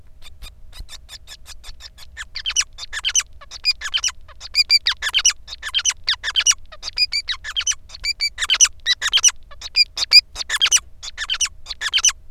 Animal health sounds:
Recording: song of a male Bengalese finch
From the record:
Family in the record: son of father 5

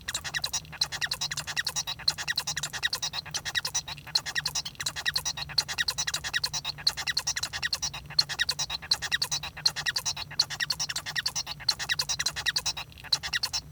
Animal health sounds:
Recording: song of a male Bengalese finch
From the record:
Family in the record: son of father 1

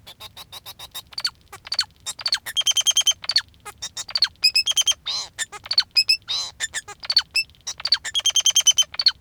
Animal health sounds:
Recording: song of a male Bengalese finch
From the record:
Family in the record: father 2

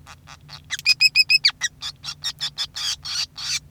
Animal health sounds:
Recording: song of a male Bengalese finch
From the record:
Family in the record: son of father 5

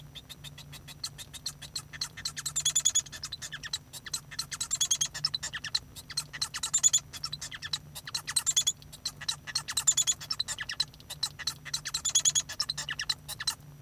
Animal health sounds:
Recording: song of a male Bengalese finch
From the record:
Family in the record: son of father 1

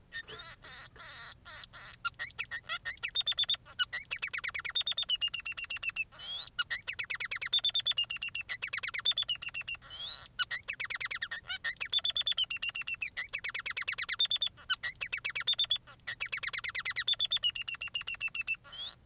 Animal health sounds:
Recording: song of a male Bengalese finch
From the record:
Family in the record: son of father 3

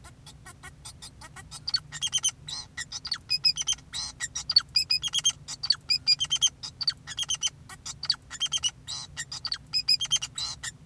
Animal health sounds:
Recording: song of a male Bengalese finch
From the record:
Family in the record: son of father 2, and himself father 4

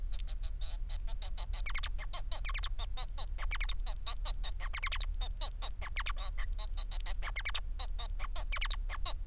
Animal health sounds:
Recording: song of a male Bengalese finch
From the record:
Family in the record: son of father 4

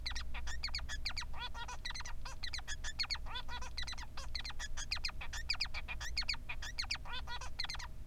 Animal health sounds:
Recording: song of a male Bengalese finch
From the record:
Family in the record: son of father 3

